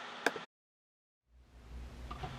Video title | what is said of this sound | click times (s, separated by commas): The Head - Every boaters nightmare | push it down until you hear it snap and then you rotate each of the latches clockwise | 0.3 s